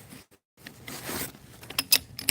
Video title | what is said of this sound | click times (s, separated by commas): Live Hiking and Slinging by the River | and then the legs pop out pop into place and then boom it's | 1.8 s, 1.9 s, 2.3 s